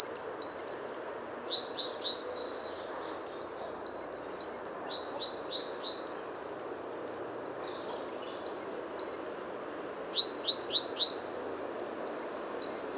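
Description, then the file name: Great tit: bursts of bright, high notes, each slurring down, repeated rapidly in clusters with short gaps, over constant low background noise. "Parus major"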